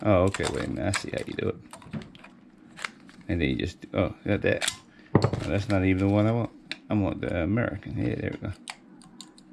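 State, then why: Seated. Someone talks while fitting a US plug head onto the plastic power adapter of a hard drive dock, with small handling clicks around 1.9–3.1 s. The head is sat in the middle and slid down, and a sharp click at 9.2 s marks it seating home on the adapter.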